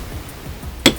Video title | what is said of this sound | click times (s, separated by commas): Toshiba Satellite Pro C50 Series Laptop Power Issue Fixed Disassembly Complete Strip-Down | other end and it will you will hear a click noise and remove the cpu | 0.9 s